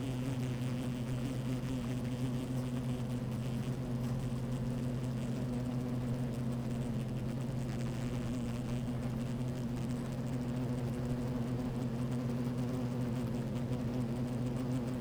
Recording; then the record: honeybee colony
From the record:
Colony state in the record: active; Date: 28 July 2017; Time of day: 12:52